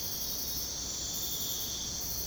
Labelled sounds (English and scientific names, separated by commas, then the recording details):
none
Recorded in dense forest near Puerto Asís, Putumayo, Colombia, on 22 June 2025 at 04:30
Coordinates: 0.486, -76.317
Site G065